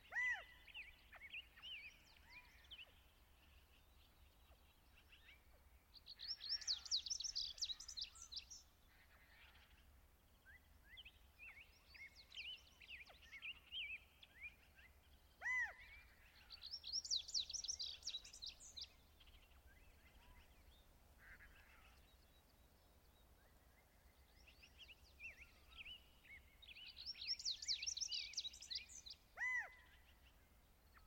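Birds sing through a morning at a wildlife refuge, with bright, buzzy song bursts returning about every ten seconds, near 6, 17 and 28 seconds. Between them come shorter chirps and clear whistled notes, over a faint, steady low rumble in the background.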